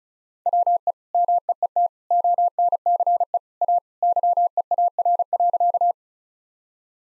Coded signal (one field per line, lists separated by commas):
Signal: Morse code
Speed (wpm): 34 wpm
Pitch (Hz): 700 Hz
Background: none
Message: WE MEET ONCE A YEAR.